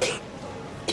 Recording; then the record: coughing mixed with background sound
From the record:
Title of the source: 61 morning phlegmy cough...again